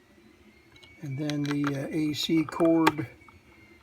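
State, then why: Not seated. A new 3D-printed plastic AC cord compartment cover is handled at a Concord RadioCorder F-90 portable radio recorder, about to be pushed in to replace a missing cover. Someone talks from about 1.0 to 3.0 seconds, with a faint handling sound near 0.8 seconds. Nothing has seated or clicked yet.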